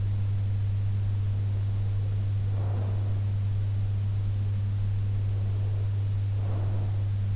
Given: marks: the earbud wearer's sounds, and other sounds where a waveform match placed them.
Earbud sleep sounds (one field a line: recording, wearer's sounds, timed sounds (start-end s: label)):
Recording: sounds in sleep by an in-ear microphone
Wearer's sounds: breath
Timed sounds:
2.40-3.39 s: breath
5.27-7.15 s: breath